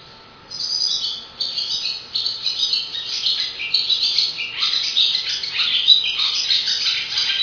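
Swallow singing a steady stream of rapid, buzzy twitters and chirps, rising and falling without real breaks, over a low faint hum.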